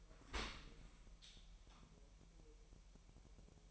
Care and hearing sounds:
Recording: daily activity, microphone in the room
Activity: open dishwasher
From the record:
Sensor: 1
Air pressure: 1000.6 hPa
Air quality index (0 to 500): 248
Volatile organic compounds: 144 ppm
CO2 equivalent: 3994 ppm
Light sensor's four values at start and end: 11/28/11/12 and 11/28/11/12

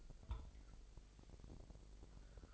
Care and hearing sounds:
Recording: daily activity, microphone in the room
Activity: take from stove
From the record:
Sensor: 5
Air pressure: 999.5 hPa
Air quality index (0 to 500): 220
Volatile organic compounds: 20 ppm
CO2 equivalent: 2692 ppm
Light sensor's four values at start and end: 30/68/28/27 and 31/71/29/28

